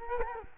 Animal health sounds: mosquito wingbeat signal from an infrared sensor; Culex quinquefasciatus

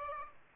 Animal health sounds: mosquito wingbeat signal from an infrared sensor; Aedes aegypti

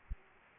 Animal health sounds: mosquito wingbeat signal from an infrared sensor; Aedes aegypti

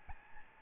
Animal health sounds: mosquito wingbeat signal from an infrared sensor; Aedes albopictus

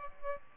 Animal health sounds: mosquito wingbeat signal from an infrared sensor; Aedes albopictus

